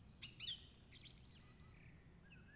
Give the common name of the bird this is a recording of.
Song Thrush